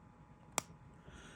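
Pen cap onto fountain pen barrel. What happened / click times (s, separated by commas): The pen cap clicked shut / 0.6 s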